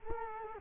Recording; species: mosquito wingbeat signal from an infrared sensor; Culex quinquefasciatus